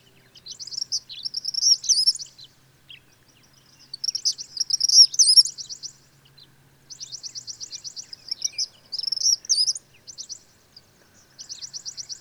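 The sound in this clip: Bird song in repeated high phrases of quick trills and warbled twitters, separated by short silences.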